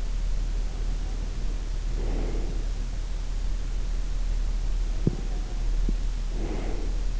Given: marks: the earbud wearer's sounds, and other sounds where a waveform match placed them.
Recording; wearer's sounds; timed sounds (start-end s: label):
sounds in sleep by an in-ear microphone; breath
0.48-2.95 s: breath
4.74-7.20 s: breath
4.87-5.98 s: sound from someone else or the room